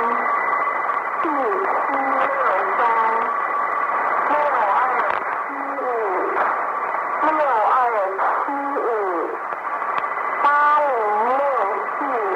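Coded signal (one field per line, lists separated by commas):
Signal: numbers station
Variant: New Star Broadcasting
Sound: a voice reading short syllables through heavy shortwave static and hum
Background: radio static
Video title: The Conet Project 013 - New Star Broadcasting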